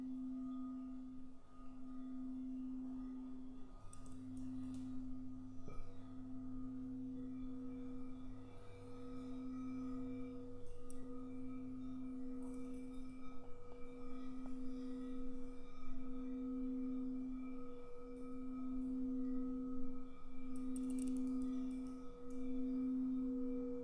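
Crystal singing bowls ring in one sustained tone that pulses in slow, even beats, with fainter higher overtones and a low hum midway.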